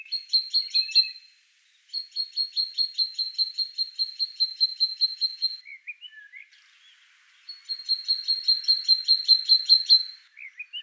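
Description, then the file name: Great tit uttering rapid high repeated notes in three runs separated by pauses, with short twittering notes between the last two. "Parus major"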